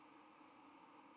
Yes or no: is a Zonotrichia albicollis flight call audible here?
no